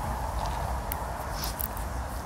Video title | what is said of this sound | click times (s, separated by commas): 애플워치 스트랩 36종 최다 리뷰 !! 평균 가격 6천원??!! 알리익스프레스에서 구매하기 전에 직접 보고 사세요 | 딱 수리하게 딱 소리나게 | 0.9 s, 1.6 s